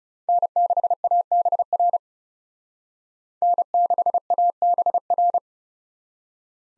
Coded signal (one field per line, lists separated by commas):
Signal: Morse code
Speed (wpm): 39 wpm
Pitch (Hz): 700 Hz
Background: none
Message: N6ABR N6ABR